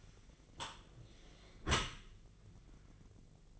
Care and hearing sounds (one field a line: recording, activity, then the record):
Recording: daily activity, microphone in the room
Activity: close dishwasher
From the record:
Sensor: 4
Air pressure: 1001.3 hPa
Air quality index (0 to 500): 184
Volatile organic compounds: 2 ppm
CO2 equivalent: 1316 ppm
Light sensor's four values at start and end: 13/29/12/12 and 13/31/13/13